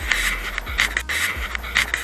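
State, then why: Not seated. A plastic siphon guard cover is fitted by hand over the U siphon outlet pipe in an aquaponics grow bed, so the clay balls cannot get in and block it. Music plays under scraping and rubbing sounds with several sharp knocks. The cover is handled but has not clipped on or seated yet.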